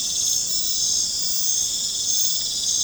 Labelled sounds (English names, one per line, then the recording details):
none
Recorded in pastures near Puerto Asís, Putumayo, Colombia, on 21 December 2024 at 21:00
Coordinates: 0.466, -76.322
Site G040